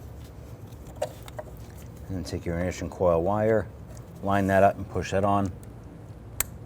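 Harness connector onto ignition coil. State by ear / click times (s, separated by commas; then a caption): seated / 6.4 s. On a 1999–2004 Jeep Grand Cherokee 4.7L V8 during intake manifold replacement, a plastic harness connector is lined up and pushed onto the ignition coil while someone talks. A few faint ticks sound around 1.0–1.6 s, then one sharp, loud click at 6.4 s as the connector seats on the coil.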